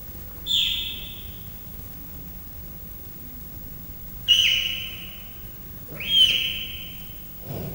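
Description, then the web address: Leopard cub calls: three high, piercing chirps that trail off, at uneven intervals. Three-month-old captive leopard cubs chirping and meowing at a zoo in Miskolc, 2009. "leopard haromhonaposkolyokcsipog nyavog"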